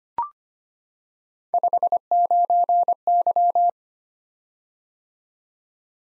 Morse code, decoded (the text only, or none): 59Y